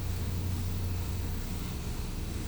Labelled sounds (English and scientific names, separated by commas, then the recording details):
none
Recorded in pastures near Puerto Asís, Putumayo, Colombia, on 20 December 2024 at 10:00
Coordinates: 0.505, -76.324
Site G063